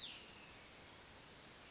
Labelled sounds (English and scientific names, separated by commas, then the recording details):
Cassin's Vireo (Vireo cassinii)
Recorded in Sonoma County, California